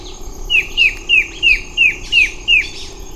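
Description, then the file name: Bird calls: a run of seven clear, downslurred chirps, evenly spaced about three per second, with a faint steady high hiss behind. "SABIOD 50 bird 2015"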